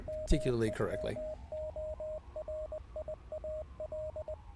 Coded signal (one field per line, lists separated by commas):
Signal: Morse code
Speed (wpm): 20 wpm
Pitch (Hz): 620 Hz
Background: speech, radio noise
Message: MEMORIAL